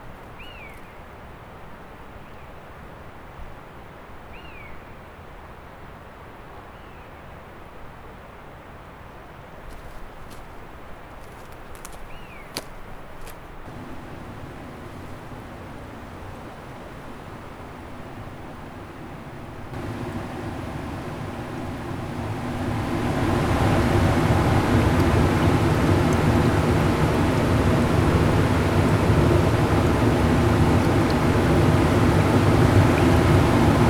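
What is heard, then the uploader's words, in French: Outdoor recording at a bridge over a river, opening with a quiet low rumble, a few short high chirps and some clicks. From about 14 seconds a steady engine-like hum enters, then a loud, bright rushing swells at 20–23 seconds and stays until the end. Field-recording au Pont de l'Abîme traversant le Chéran en Haute-Savoie.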